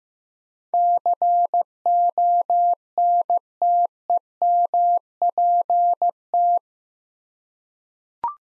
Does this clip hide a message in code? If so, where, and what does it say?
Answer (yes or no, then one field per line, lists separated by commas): yes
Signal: Morse code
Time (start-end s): 0.7-6.6 s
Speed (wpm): 15 wpm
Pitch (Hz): 700 Hz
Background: none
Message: CONTEMPT